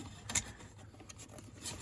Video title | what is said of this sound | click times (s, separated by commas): A Real #Trial #COLD #Winter #RV Heat #FAIL installing a #DieselHeater did we get it going ? | then there's two screws that i screw this down with and this pops right into place because i tug on that little hose right there | 0.3 s, 0.4 s